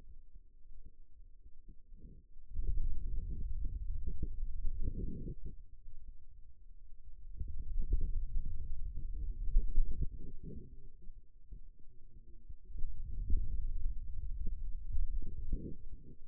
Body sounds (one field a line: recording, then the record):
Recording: forearm muscle sounds (acoustic myography)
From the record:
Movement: hand closing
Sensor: system 2, bracelet of six BSWA MPA416 microphones around the upper forearm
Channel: 3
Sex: male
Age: 22 years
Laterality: right